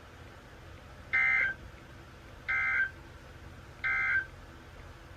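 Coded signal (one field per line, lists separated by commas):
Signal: Emergency Alert System (SAME) tones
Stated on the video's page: Received on an HH-54 weather radio.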